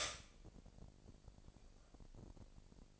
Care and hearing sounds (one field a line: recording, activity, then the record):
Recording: daily activity, microphone in the room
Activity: stop toaster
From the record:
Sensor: 5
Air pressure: 1007.3 hPa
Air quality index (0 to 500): 130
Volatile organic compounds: 2 ppm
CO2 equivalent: 984 ppm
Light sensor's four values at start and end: 27/63/26/27 and 27/63/26/27